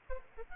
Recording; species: mosquito wingbeat signal from an infrared sensor; Aedes aegypti